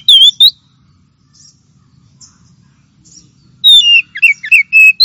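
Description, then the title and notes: Oriental magpie-robin singing loud, clear whistled notes, a short burst, a pause with faint soft notes, then a rapid run of varied slurred whistles. Champion contest songbird (kacer juara) singing. "Kicau Burung Kacer Juara. Suara Kicauan Burung Kacer Juara"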